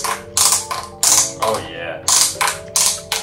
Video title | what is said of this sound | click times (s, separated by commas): HOW DO SNOWBOARD BINDINGS WORK?!? - From Wake to Snow Episode 2 | Those are some solid clicks. | 2.4 s, 2.8 s, 3.1 s